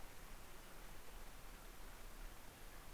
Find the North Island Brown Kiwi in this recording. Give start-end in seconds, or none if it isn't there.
none